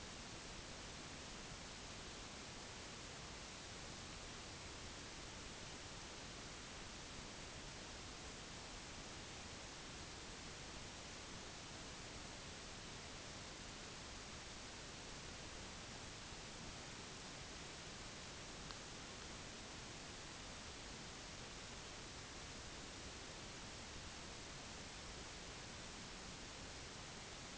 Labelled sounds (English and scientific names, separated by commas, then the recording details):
none
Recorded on Arctic tundra, site NAIT-1, on 30 June 2019
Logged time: 06:00